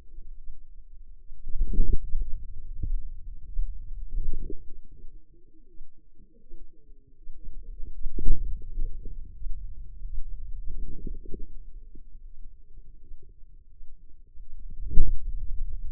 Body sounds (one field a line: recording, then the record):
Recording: forearm muscle sounds (acoustic myography)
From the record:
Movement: hand closing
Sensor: system 2, bracelet of six BSWA MPA416 microphones around the upper forearm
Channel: 2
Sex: female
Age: 25 years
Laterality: right